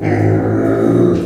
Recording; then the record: squeal of a Yucatan mini pig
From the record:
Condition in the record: before surgery on the right vocal fold (resection and tissue-engineered implant); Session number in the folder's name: 3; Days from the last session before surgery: 0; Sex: female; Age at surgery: 19 weeks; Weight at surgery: 25 kg